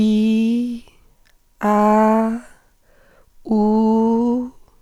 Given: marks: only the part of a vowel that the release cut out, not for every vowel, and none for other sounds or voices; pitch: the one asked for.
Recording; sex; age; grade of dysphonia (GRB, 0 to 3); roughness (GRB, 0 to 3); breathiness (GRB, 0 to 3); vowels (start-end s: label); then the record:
sustained vowels; female; 20 to 29 years; 1; 0; 1
0.00-0.54 s: vowel /i/, normal pitch
1.69-2.22 s: vowel /a/, normal pitch
3.57-4.26 s: vowel /u/, normal pitch
From the record:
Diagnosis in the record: hyperfunctional dysphonia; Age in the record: 23 years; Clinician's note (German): Mit beginnender Phonationsverdickung